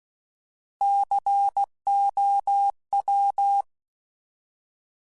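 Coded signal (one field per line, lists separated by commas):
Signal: Morse code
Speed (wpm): 16 wpm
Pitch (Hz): 800 Hz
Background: none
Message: COW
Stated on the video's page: CW sound bites used as Morse learning examples in a presentation to an amateur radio club.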